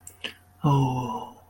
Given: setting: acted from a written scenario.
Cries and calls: vocal sound without words; serenity

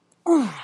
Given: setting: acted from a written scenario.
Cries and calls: vocal sound without words; pain

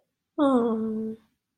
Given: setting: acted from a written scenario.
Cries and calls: vocal sound without words; disappointment

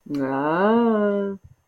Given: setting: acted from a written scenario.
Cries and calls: vocal sound without words; desire

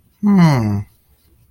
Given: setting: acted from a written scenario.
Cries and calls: vocal sound without words; adoration

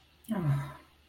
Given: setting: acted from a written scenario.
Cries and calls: vocal sound without words; guilt

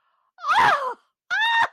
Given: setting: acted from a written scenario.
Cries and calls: vocal sound without words; elation

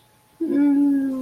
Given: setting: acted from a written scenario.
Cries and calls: vocal sound without words; embarrassment

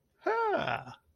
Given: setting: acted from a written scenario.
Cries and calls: vocal sound without words; positive surprise

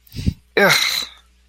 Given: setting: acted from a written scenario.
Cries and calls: vocal sound without words; disgust

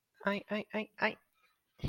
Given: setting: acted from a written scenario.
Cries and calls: vocal sound without words; pain

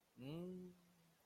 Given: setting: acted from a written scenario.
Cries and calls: vocal sound without words; desire

